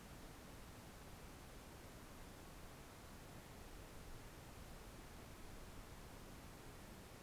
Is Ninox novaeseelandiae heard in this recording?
no